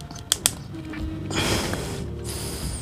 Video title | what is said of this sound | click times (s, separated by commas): PANO MAG PALIT NG REAR SHOCK SA MIO GEAR-MUTARRU SHOCK-#BIMBIMOTO | so napapansin niyo nag-lock na siya Ayan | 0.3 s, 0.5 s